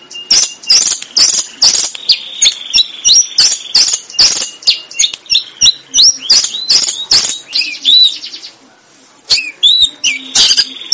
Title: Suara Burung Kutilang